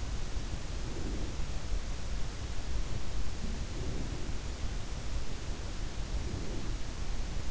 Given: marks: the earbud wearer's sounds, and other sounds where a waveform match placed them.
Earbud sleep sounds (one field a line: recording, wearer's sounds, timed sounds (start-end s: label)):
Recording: sounds in sleep by an in-ear microphone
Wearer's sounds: breath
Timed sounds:
0.79-1.72 s: breath
3.31-4.68 s: breath
6.05-6.98 s: breath